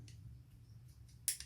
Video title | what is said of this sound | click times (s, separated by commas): KWA QRF MOD.1 - Bringing It Home Ep. 70 | clicked into place before you insert it into the gun when it's empty | 1.3 s